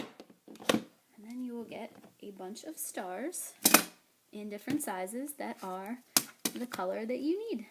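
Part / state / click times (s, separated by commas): top half of a craft paper punch onto its beveled base / seated / 0.7 s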